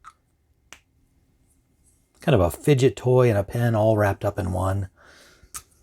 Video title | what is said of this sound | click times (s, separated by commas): Pokka Pens: Perfect Stocking Stuffers for Pen Lovers and EDC'ers, Made in America | Posts like a space pen kind of but with a satisfying click that you don't get with a space pen. Do you hear that? | 0.7 s